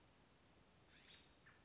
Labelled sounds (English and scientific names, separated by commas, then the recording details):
California Scrub-Jay (Aphelocoma californica)
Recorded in Sonoma County, California